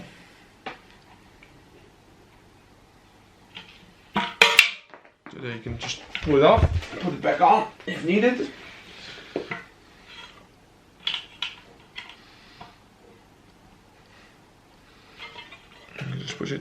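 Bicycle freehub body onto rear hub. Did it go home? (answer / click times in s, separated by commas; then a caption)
no / none. A SRAM XDR freehub body is handled by hand at a DT Swiss 350 rear hub axle, on a Trek Speed Concept 7.5 being fitted with a Force cassette, while someone talks. Short metallic knocks and scrapes of parts being moved and handled are heard. Nothing has seated or clicked yet.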